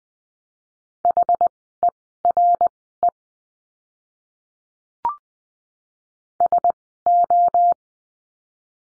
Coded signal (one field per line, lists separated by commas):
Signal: Morse code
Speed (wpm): 20 wpm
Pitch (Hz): 700 Hz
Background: none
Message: HERE SO